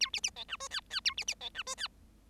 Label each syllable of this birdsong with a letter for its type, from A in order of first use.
A B B C D E F F A B B C D E F